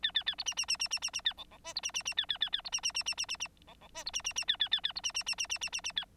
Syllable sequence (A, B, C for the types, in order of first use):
A A A B C C C C C C C A D D E B C C C A A A A B C C C C C C C D D E B C C C A A A A B C C C C C C C C A